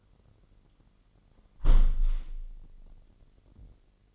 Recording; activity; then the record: daily activity, microphone in the room; close window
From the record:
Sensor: 4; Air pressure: 999.4 hPa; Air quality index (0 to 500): 108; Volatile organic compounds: 2 ppm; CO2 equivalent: 1073 ppm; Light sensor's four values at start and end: 13/31/13/14 and 13/31/13/14